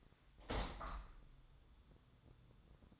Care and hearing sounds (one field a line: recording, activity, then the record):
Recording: daily activity, microphone in the room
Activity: open window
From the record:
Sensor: 3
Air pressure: 1004.6 hPa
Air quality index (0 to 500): 91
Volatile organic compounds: 3 ppm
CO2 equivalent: 1401 ppm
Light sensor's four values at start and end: 7/16/6/6 and 7/17/7/6